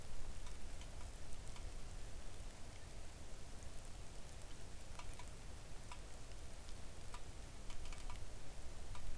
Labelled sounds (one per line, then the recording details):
rain
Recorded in the Arctic National Wildlife Refuge, Alaska, on 3 August 2019 at 05:52
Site 41